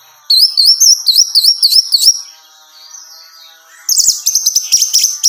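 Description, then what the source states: Orange-headed thrush singing wavering, repeated whistled notes in a quick rolling series, followed by a burst of very high, dense chattering. Female; recording meant for therapy or training.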